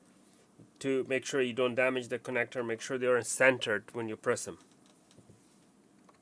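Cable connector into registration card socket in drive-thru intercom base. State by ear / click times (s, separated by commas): not seated / none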